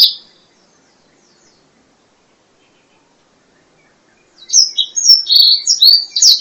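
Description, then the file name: Black-throated laughingthrush song: after a short note and long silence, a fast jumble of loud whistled and warbled notes bursts out near the end. "suara kicauan burung blacksang. omkicau"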